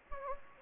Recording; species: mosquito wingbeat signal from an infrared sensor; Anopheles gambiae